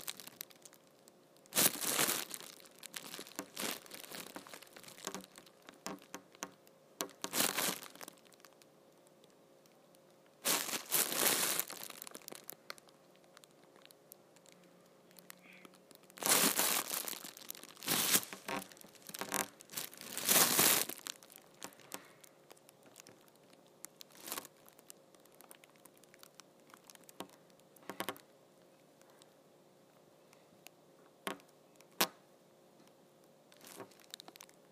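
A big plastic trash bag is handled, giving irregular bursts of bright crinkling and crumpling. The loudest bursts fall near 2, 7, 11, 16 and 20 seconds, with smaller rustles and taps scattered between them. A faint steady hum runs underneath throughout.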